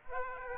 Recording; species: mosquito wingbeat signal from an infrared sensor; Aedes aegypti